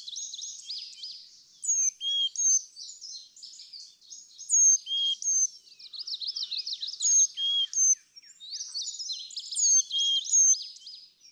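Carolina chickadee song: sharp high whistles dropping to lower whistled notes, woven through continuous rapid twittering, repeated in bursts of a few seconds.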